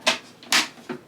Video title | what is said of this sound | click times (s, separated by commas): #1 Best Selling Juicer on Amazon Review vs Nama J2 Comparison | then snap these clamps down | 0.5 s